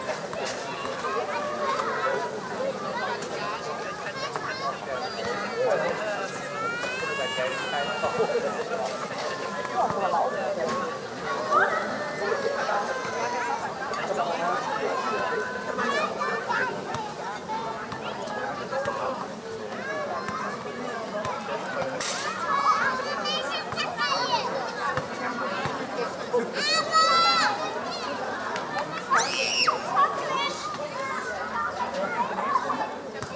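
A summer evening in Berlin, filled with many voices talking at once in a steady, dense murmur of overlapping conversation. Bright, rising and falling calls cut through now and then, around eight seconds and again near 22 and 27 seconds, over a constant low hum.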